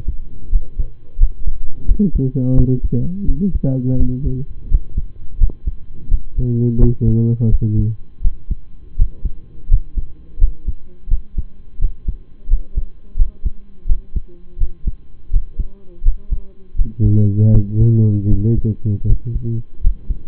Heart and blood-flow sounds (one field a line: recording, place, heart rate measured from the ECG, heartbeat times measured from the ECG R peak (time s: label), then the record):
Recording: heart sounds by stethoscope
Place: between the tricuspid and mitral areas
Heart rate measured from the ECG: 84 bpm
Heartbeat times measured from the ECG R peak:
0.49 s: heartbeat
1.17 s: heartbeat
1.85 s: heartbeat
2.54 s: heartbeat
3.25 s: heartbeat
3.96 s: heartbeat
4.67 s: heartbeat
5.37 s: heartbeat
6.08 s: heartbeat
6.77 s: heartbeat
7.48 s: heartbeat
8.21 s: heartbeat
8.95 s: heartbeat
9.67 s: heartbeat
10.38 s: heartbeat
11.08 s: heartbeat
11.78 s: heartbeat
12.47 s: heartbeat
13.16 s: heartbeat
13.86 s: heartbeat
14.57 s: heartbeat
15.30 s: heartbeat
16.02 s: heartbeat
16.75 s: heartbeat
17.50 s: heartbeat
18.27 s: heartbeat
19.05 s: heartbeat
19.80 s: heartbeat
From the record:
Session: rest, lying down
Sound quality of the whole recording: partially saturated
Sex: male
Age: 25 years